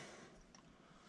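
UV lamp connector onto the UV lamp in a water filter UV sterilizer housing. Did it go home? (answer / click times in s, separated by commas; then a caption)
no / none. A UV lamp connector is handled against the UV lamp in the UV sterilizer housing of an Aquasana whole-house water filter, about to be turned clockwise to twist-lock into place. Quiet handling noise and faint broadband hiss carry through the clip, with one brief soft tick at 0.6 s. Nothing has seated or clicked yet.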